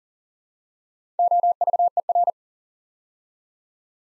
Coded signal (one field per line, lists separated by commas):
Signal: Morse code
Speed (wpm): 40 wpm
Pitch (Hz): 700 Hz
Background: none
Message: OVER